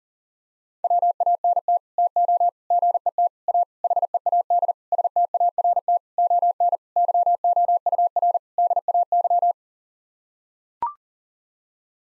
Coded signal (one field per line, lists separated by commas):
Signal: Morse code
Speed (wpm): 40 wpm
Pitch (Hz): 700 Hz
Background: none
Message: WANT TO GET A HEAD START ON YOUR DAY